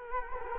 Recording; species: mosquito wingbeat signal from an infrared sensor; Culex quinquefasciatus